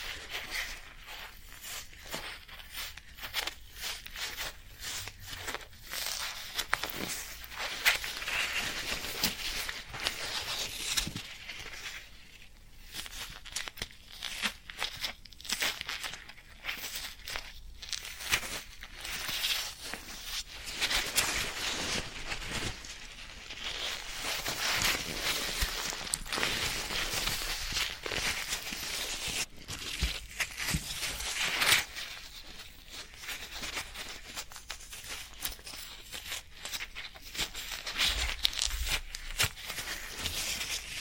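Floral foam is scraped, crumbled and torn in a steady run of dense, bright crackles and crunches, with brief pauses throughout.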